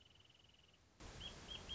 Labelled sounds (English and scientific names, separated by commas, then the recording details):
Wrentit (Chamaea fasciata)
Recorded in Sonoma County, California